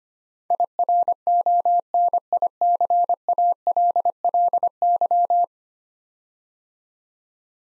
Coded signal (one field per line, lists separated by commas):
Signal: Morse code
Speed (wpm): 25 wpm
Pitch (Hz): 700 Hz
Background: none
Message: IRONICALLY